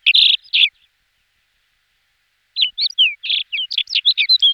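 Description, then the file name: Alpine accentor song: a short bright warbling trill, a pause of about two seconds, then a longer run of quick twittering, rattling notes. "roche 2004 alpenbraunelle"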